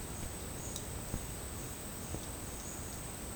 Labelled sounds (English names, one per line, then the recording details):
none
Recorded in secondary vegetation near Puerto Asís, Putumayo, Colombia, on 24 March 2025 at 11:00
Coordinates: 0.485, -76.322
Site G040